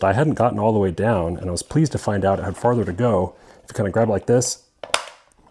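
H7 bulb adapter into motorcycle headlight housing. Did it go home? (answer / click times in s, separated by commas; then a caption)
yes / 4.8 s, 4.9 s. An H7 bulb adapter is gripped and twisted firmly into the stock headlight housing of a KTM EXC motorcycle. Someone talks, then sharp snaps sound at 4.8 and 4.9 seconds as the adapter locks in, followed by faint ticks. The adapter is seated all the way down and very secure.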